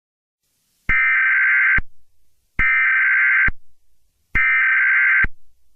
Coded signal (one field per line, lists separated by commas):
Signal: Emergency Alert System (SAME) tones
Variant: header bursts